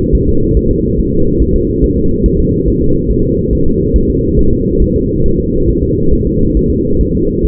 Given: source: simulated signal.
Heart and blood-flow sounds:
fetal heart sounds
0.15 s: S1
0.29 s: S2
0.57 s: S1
0.71 s: S2
0.99 s: S1
1.13 s: S2
1.42 s: S1
1.56 s: S2
1.84 s: S1
1.98 s: S2
2.26 s: S1
2.40 s: S2
2.68 s: S1
2.82 s: S2
3.11 s: S1
3.24 s: S2
3.53 s: S1
3.67 s: S2
3.96 s: S1
4.10 s: S2
4.39 s: S1
4.53 s: S2
4.82 s: S1
4.96 s: S2
5.26 s: S1
5.40 s: S2
5.69 s: S1
5.83 s: S2
6.13 s: S1
6.27 s: S2
6.57 s: S1
6.71 s: S2
7.01 s: S1
7.15 s: S2
7.45 s: S1
From the record:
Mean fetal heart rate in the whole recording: 140 bpm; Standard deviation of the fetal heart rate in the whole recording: 2 bpm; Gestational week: 34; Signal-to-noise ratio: -16.4 dB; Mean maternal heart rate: 72 bpm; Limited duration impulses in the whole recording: present

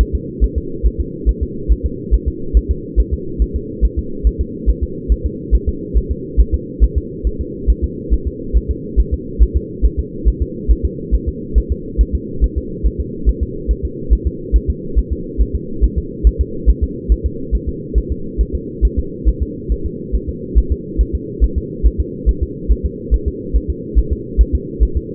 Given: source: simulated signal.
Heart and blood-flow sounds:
fetal heart sounds
0.01 s: S1
0.15 s: S2
0.44 s: S1
0.58 s: S2
0.86 s: S1
1.00 s: S2
1.29 s: S1
1.43 s: S2
1.72 s: S1
1.86 s: S2
2.14 s: S1
2.28 s: S2
2.57 s: S1
2.71 s: S2
3.00 s: S1
3.14 s: S2
3.42 s: S1
3.56 s: S2
3.85 s: S1
3.99 s: S2
4.27 s: S1
4.41 s: S2
4.70 s: S1
4.84 s: S2
5.12 s: S1
5.26 s: S2
5.55 s: S1
5.69 s: S2
5.98 s: S1
6.11 s: S2
6.41 s: S1
6.55 s: S2
6.84 s: S1
6.98 s: S2
7.27 s: S1
7.41 s: S2
7.70 s: S1
7.84 s: S2
8.14 s: S1
8.28 s: S2
8.57 s: S1
8.71 s: S2
9.00 s: S1
9.14 s: S2
9.43 s: S1
9.57 s: S2
9.85 s: S1
9.99 s: S2
10.28 s: S1
10.42 s: S2
10.71 s: S1
10.85 s: S2
11.15 s: S1
11.29 s: S2
11.58 s: S1
11.72 s: S2
12.01 s: S1
12.15 s: S2
12.44 s: S1
12.58 s: S2
12.87 s: S1
13.01 s: S2
13.29 s: S1
13.43 s: S2
13.71 s: S1
13.85 s: S2
14.13 s: S1
14.27 s: S2
14.56 s: S1
14.70 s: S2
14.99 s: S1
15.12 s: S2
15.42 s: S1
15.56 s: S2
15.84 s: S1
15.98 s: S2
16.27 s: S1
16.41 s: S2
16.70 s: S1
16.84 s: S2
17.12 s: S1
17.26 s: S2
17.55 s: S1
17.69 s: S2
17.98 s: S1
18.12 s: S2
18.41 s: S1
18.55 s: S2
18.85 s: S1
18.99 s: S2
19.29 s: S1
19.43 s: S2
19.72 s: S1
19.86 s: S2
20.15 s: S1
20.29 s: S2
20.58 s: S1
20.72 s: S2
21.01 s: S1
21.15 s: S2
21.44 s: S1
21.58 s: S2
21.86 s: S1
22.00 s: S2
22.29 s: S1
22.43 s: S2
22.72 s: S1
22.86 s: S2
23.14 s: S1
23.28 s: S2
23.56 s: S1
23.70 s: S2
23.99 s: S1
24.13 s: S2
24.41 s: S1
24.55 s: S2
24.83 s: S1
24.97 s: S2
From the record:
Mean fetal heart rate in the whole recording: 140 bpm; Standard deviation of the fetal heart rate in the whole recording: 2 bpm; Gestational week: 34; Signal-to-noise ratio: -4.3 dB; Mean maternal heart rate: 72 bpm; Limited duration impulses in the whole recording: absent

